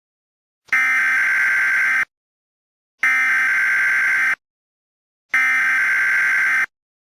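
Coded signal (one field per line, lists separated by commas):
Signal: Emergency Alert System (SAME) tones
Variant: header bursts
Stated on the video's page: Fictional EAS scenario inspired by Incredibles 2.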